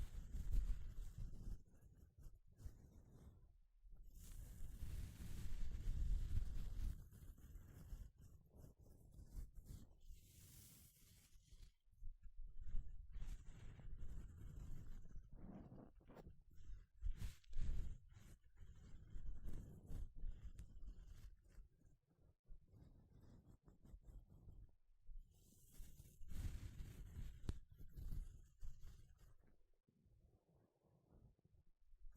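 Gloves rustle and rub in irregular bursts of soft, dense friction with brief pauses, ending with quieter, sparser handling.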